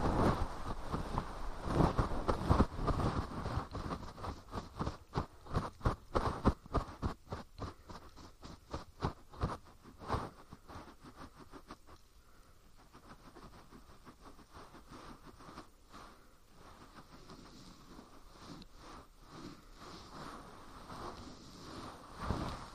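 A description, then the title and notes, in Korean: Fluffy ear cleaning with dense, rapid scratchy rustles that are loud and busy for ten seconds, then fade to softer, sparser brushing. 솜털 귀청소 동시에 (인트로 수다 X).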